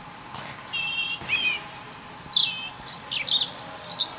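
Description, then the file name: European robin singing a rich, rapid phrase of high whistles and trills that jump between pitches, growing busier toward the end. "Erithacus rubecula"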